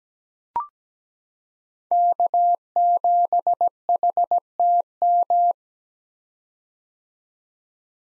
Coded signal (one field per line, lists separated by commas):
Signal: Morse code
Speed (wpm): 17 wpm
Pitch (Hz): 700 Hz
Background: none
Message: K7HTM